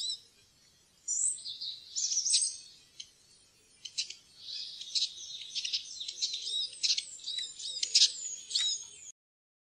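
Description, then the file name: Eurasian siskin song: a quieter, dense high twitter of rapid chirps and trills with a faint low background hiss. "groennsisik"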